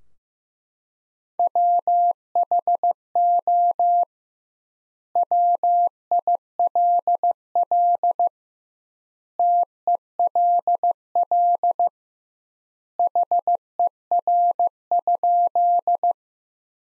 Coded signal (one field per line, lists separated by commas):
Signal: Morse code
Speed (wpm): 16 wpm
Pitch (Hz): 700 Hz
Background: none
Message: WHO WILL TELL HER?